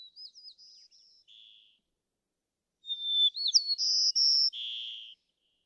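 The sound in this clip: White-crowned sparrow song: clear whistled opening notes, then higher steady whistles and a lower buzzy ending, sung twice, the first phrase softer than the second.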